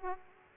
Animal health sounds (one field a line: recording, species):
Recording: mosquito wingbeat signal from an infrared sensor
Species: Aedes aegypti